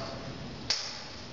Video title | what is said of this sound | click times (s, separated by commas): Assembly Instructions | till you hear the click | 0.7 s